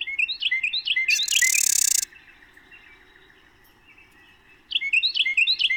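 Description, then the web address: Carolina wren song: quick repeated rolling phrases, broken by a loud burst of hiss before the phrases resume. "Songs of Birds of North America Know Your Bird Sounds. Carolina Wren"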